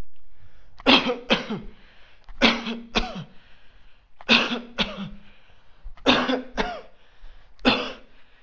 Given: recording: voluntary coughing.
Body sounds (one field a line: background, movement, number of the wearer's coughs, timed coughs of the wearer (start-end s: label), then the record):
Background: quiet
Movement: walking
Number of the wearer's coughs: 9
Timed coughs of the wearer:
0.84-1.19 s: cough
1.28-1.76 s: cough
2.39-2.84 s: cough
2.94-3.20 s: cough
4.27-4.62 s: cough
4.78-5.12 s: cough
6.05-6.44 s: cough
6.57-6.92 s: cough
7.64-8.01 s: cough
From the record:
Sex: male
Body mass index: 20.6 kg/m2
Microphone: on the chest, facing outward